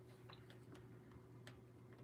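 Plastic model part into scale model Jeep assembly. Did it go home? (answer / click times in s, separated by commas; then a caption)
no / none. A plastic scale model part is handled and pressed toward its mounting on a scale model Jeep, giving a few faint, light plastic ticks over a steady low hum. The part has not snapped into place yet; nothing has seated or clicked.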